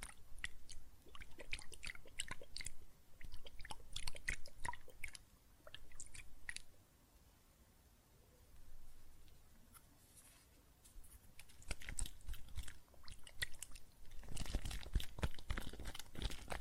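Soap foam crackles and pops in quick, irregular bursts of sharp, crunchy clicks, much like chewing. The fizzing thins out and goes nearly quiet around seven to ten seconds, then returns in denser clusters, with a heavier, fuller rush near the end.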